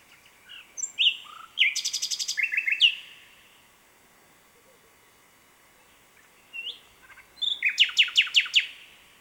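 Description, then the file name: Common nightingale singing varied phrases: slurred whistles, a fast buzzy trill, a quiet gap, then a loud burst of rapidly repeated chopped notes. "Luscinia megarhynchos"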